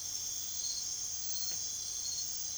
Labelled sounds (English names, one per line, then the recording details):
none
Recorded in secondary vegetation near Puerto Asís, Putumayo, Colombia, on 23 June 2025 at 00:30
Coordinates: 0.500, -76.326
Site GP08